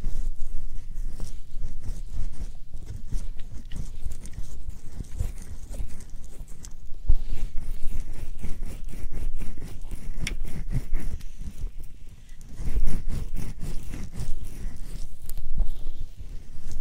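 Ear massage and ear play: dense, rapid rubbing and crinkling sounds with a soft low rumble underneath. Quick tapping and scratching strokes repeat throughout, with brief louder bursts around 7 and 13 seconds and a short quieter dip near 12 seconds.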